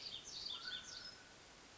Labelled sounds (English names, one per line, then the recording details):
Mountain Quail
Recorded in Sonoma County, California